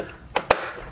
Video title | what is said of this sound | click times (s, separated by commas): Samsung CJ791 Monitor: 1 Month Review | in the way and it clicks right in and then i'll try to see if we can get this on the video | 0.4 s, 0.5 s